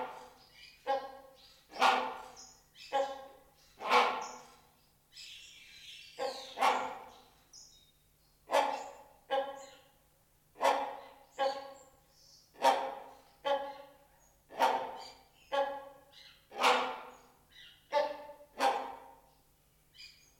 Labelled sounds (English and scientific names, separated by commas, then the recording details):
Great Hornbill (Buceros bicornis)
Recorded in captivity
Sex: pair
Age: adult
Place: Zoo Berlin, Berlin, DE
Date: 1992-04-04 10:13
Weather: bedeckt, 5-8°C
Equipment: Nagra SN, Mikrofon AKG CK 8, Kopie Tesla B 116
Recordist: Tembrock, Günter